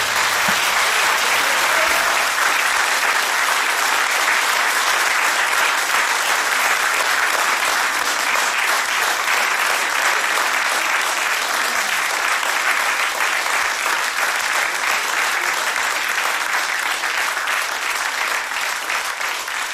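Sustained audience applause, a dense, steady crackle of many hands clapping at an even loudness for the whole twenty seconds, with no voices standing out.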